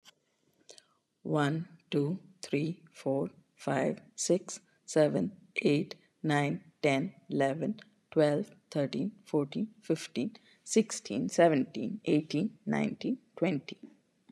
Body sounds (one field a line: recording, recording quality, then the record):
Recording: counting at a normal pace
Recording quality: excellent, no background noise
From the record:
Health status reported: COVID-19 positive, mild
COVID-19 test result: positive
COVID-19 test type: RT-PCR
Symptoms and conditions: fatigue, diabetes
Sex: female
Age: 51 years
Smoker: no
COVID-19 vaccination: both doses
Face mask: not worn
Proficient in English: yes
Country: India